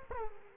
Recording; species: mosquito wingbeat signal from an infrared sensor; Culex quinquefasciatus